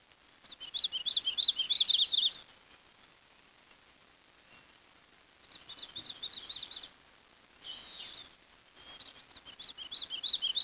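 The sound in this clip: Bird chirping: high, rapid wavering twitters in several bursts separated by quiet gaps of up to three seconds, against faint background hiss.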